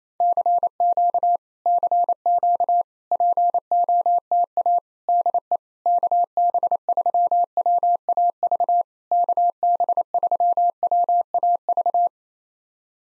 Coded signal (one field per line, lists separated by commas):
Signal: Morse code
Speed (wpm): 28 wpm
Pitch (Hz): 700 Hz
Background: none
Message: CQ CQ POTA DE KB3WAV KB3WAV